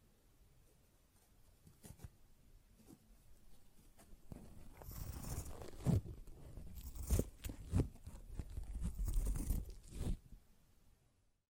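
A sponge being handled, with rough scratching and crunching rubs that start sparse and quiet, then grow denser and louder from about four seconds on. Sharp bright scrapes stand out near 2, 6, 7, 8 and 10 seconds before the sound stops abruptly.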